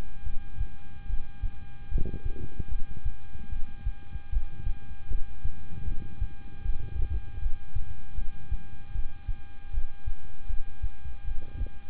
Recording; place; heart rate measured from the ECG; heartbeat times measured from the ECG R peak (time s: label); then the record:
heart sounds by stethoscope; between the tricuspid and mitral areas; 76 bpm
0.24 s: heartbeat
1.07 s: heartbeat
1.89 s: heartbeat
2.69 s: heartbeat
3.49 s: heartbeat
4.30 s: heartbeat
5.08 s: heartbeat
5.84 s: heartbeat
6.62 s: heartbeat
7.39 s: heartbeat
8.15 s: heartbeat
8.92 s: heartbeat
9.71 s: heartbeat
10.47 s: heartbeat
11.25 s: heartbeat
From the record:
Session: rest, lying down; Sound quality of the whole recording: good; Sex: male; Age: 26 years